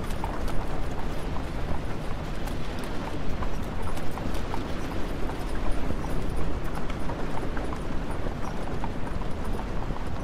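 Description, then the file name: Horse hooves clopping repeatedly over a constant low rumble. Horse pulling a carriage. "horse and carriage"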